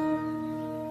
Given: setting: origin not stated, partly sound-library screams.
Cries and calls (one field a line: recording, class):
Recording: one-second piece from a danger detection set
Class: normal situation